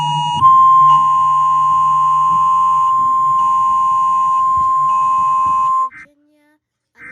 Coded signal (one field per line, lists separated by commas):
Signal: Emergency Alert System (SAME) tones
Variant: 1050 Hz attention tone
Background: music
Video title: Rating EAS alarms part 1